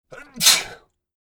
Sneezing.